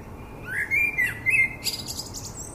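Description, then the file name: Common blackbird song: a low fluted whistle rising and holding steady, then breaking into a high, thin, squeaky twitter at the end. "Turdus merula"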